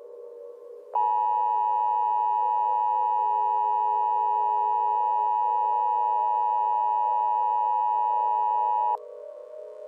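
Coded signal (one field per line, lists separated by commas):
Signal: Emergency Alert System (SAME) tones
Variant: 853 and 960 Hz attention tone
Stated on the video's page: Fictional tornado EAS scenario for central Indiana.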